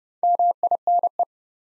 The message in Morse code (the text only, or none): MINE